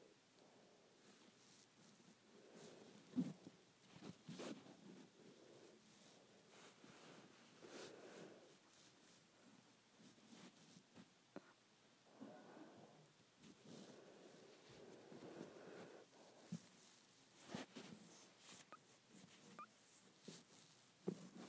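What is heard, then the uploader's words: Hair braiding, heard as soft, crackly rustling with frequent quick snaps and ticks scattered throughout. Low, muffled swishes swell and fade around 4, 8 and 13–16 seconds, and the level stays quiet and uneven, with sharper clicks near 3, 17 and 21 seconds. ASMR Hair Braiding.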